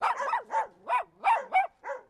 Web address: Sound Effects-Foundation 1 ANIMAL DOG POODLE MINIATURE BARK